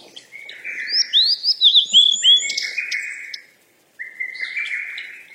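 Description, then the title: Birds chirping: a long buzzy trill with bright rising and falling whistled notes over it, a short pause near four seconds, then the trill resumes. Birds playing. "鸟儿嬉戏声"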